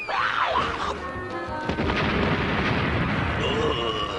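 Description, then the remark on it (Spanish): Wavering, descending whistles give way to a sudden loud blast, followed by a long, dense rumbling roar that stays heavy and steady until the end. “Ahora una pequeña lección de astronomía titulada La gran explosión.”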